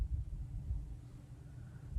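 Two clasp halves at the back of a metal Louis Vuitton bracelet are pushed together to close a small gap, but only a low, steady rumble is heard with no sharp sounds. Nothing has clicked yet; the clasp fails to click together.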